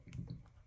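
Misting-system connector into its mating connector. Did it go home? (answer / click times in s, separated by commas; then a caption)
yes / 0.1 s. A misting-system connector is pushed back into its mating connector during maintenance of a crane urinal until the two "mist" elements latch together. A sharp little click at 0.1 s shows the connector has seated, with softer handling sounds around it. Someone talks just before and after.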